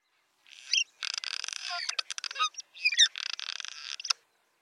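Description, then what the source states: Cliff swallow song, a dense run of squeaky, rasping, creaking notes with short clicks and brief whistled slurs, delivered in two rapid phrases. Colonial birds chattering and singing at the entrance of their mud nest; recorded with a parabolic microphone.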